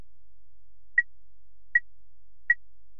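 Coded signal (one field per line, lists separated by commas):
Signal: none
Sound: game's pickup beeps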